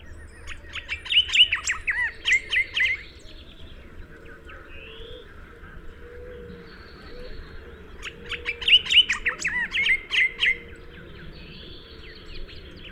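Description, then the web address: Greyish saltator song, two bursts of rapid chirping and slurred whistled notes several seconds apart, with softer bird calls and low background rumble between. "Greyish saltator. صدای-پرنده-پایکوب-خاکستری"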